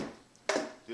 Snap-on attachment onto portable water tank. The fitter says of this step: this right there we go snap it onto you hear that second click